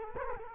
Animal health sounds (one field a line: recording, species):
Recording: mosquito wingbeat signal from an infrared sensor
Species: Culex quinquefasciatus